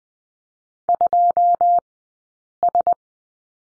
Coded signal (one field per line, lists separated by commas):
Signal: Morse code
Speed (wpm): 20 wpm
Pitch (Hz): 700 Hz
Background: none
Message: 2S